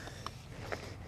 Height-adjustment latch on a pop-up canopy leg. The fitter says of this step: you'll hear it snap into place so you hear it snap and then when you want to release it you can use that and release it down so